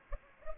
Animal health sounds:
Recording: mosquito wingbeat signal from an infrared sensor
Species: Culex pipiens

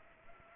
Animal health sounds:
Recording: mosquito wingbeat signal from an infrared sensor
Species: Culex pipiens

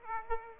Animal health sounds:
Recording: mosquito wingbeat signal from an infrared sensor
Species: Aedes aegypti

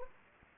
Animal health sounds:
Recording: mosquito wingbeat signal from an infrared sensor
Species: Anopheles arabiensis

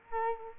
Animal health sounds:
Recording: mosquito wingbeat signal from an infrared sensor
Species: Culex quinquefasciatus

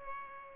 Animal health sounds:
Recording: mosquito wingbeat signal from an infrared sensor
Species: Culex pipiens

